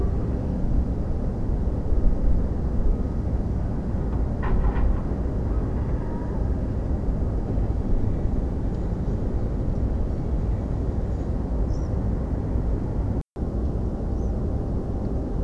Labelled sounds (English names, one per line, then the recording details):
European Pied Flycatcher
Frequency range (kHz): European Pied Flycatcher 4.6-8.2 kHz
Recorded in France